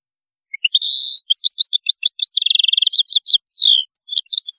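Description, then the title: European goldfinch song: a fast, continuous tinkling run of high twittering notes, a brief buzzy trill near the middle, then clear downslurred whistles. "Chant Chardonneret"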